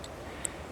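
A small clip-on cap is pushed onto the little nipple of a metal tinder box lid to turn the tin into a makeshift oil lantern. A faint tick comes near the start, then a sharp, bright click at 0.4 s over low background noise. The cap seats with that click.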